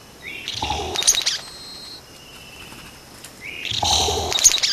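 Vogelkop bowerbird giving two harsh, complex bursts, each opening with a rising note and then breaking into rasping, crackling noise, about three seconds apart over faint background hiss.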